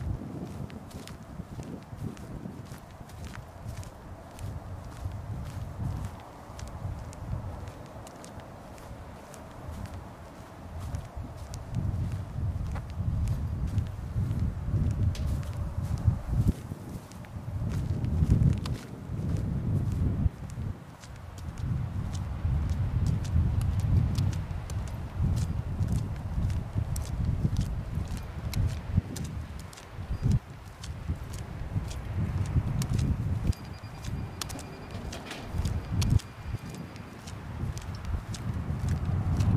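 A walk on the way home: a dense, steady low rumble runs throughout, overlaid with frequent sharp taps like footsteps or clip-clopping hooves. The rumble swells louder from about 15 seconds on, and the taps come irregularly rather than in an even rhythm.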